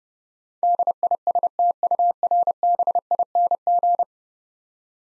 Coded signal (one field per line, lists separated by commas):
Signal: Morse code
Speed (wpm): 30 wpm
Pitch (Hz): 700 Hz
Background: none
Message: DISTURBING